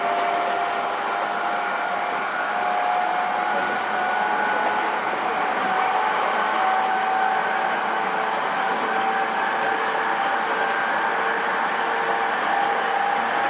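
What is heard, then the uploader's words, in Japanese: A JR East 231 series train running between Ito and Yokohama, a steady, dense rumble with a thin, even motor whine held at a mid pitch throughout. A few faint clicks from the rails pass around the middle and later, while the overall level stays constant. JRE231系 伊東〜横浜。区間は伊東線→東海道線です。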